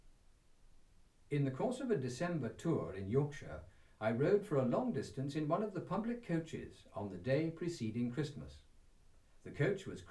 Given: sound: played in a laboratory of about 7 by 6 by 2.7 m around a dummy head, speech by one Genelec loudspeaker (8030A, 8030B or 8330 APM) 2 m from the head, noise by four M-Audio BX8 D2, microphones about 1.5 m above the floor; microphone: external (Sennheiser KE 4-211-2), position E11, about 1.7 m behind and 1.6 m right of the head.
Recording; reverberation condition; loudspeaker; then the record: male speech in English; low; 60 degrees to the left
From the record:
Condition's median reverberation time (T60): about 310 ms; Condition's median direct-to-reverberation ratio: about 3.5 dB